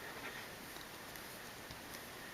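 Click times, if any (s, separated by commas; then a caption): none. A closing section of a plastic slider-style iFrogz Luxe case for an iPhone 3G is pushed down into the case shell with the phone inside. Faint handling noise and soft rustles sit over a steady low hiss. Nothing has seated or clicked yet.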